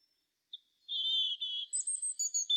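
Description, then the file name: European robin song: a sustained thin whistle, then a run of short, sharp, very high notes in quick succession. "Erithacus rubecula"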